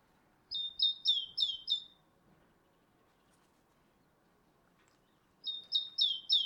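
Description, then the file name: Great tit song, two bursts of quick repeated high notes separated by several seconds of quiet. "Parus major"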